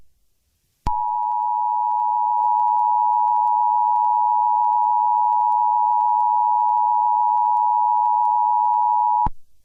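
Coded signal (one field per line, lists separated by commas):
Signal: Emergency Alert System (SAME) tones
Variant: 853 and 960 Hz attention tone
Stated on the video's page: Fictional EAS scenario; simulated.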